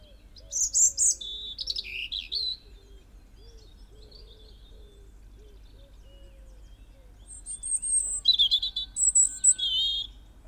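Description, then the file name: European robin with two high, warbling phrases, and soft, lower, repeated notes in the gap between them. "Erithacus rubecula"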